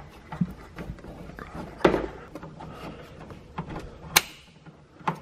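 A greased plastic vapor hose quick-connect coupling is pushed onto the leak detection pump of an E90 BMW, with a dab of grease added because the stubborn coupling was hard to fit. Soft handling knocks and a thump near 1.9 s lead up to a loud, sharp click at 4.2 s. The coupling seats, and the grease helps it go on.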